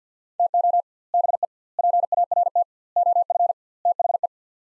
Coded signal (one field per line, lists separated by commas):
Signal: Morse code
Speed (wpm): 49 wpm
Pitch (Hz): 700 Hz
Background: none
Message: TO BE PART OF THE